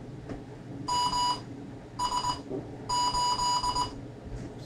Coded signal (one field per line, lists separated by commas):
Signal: Morse code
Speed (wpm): 20 wpm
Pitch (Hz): 990 Hz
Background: none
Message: M S 8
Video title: Morse Code Intermediate Class 1